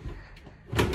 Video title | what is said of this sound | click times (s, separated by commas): Renegade Verona LE 40LTS RV Tour | you'll notice it locks into place so it's not bumping around while you drive | 0.8 s